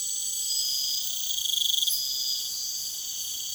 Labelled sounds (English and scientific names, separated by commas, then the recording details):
none
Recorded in secondary vegetation near Puerto Asís, Putumayo, Colombia, on 24 June 2025
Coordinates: 0.488, -76.319
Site G094